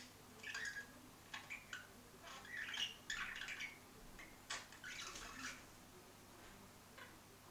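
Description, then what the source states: Budgerigar warbling song: bursts of chattering, squeaky chirps and short whistles, irregular and fairly quiet, with pauses between phrases over a low steady hum. More than one budgerigar, singing.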